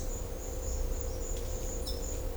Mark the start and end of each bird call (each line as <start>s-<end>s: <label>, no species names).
1.82s-2.08s: bird call